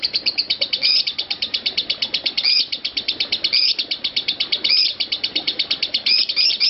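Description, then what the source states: Lovebird giving a fast, continuous run of shrill chirps, broken now and then by louder, sharper squeaks standing out from the steady chatter. Konslet song style.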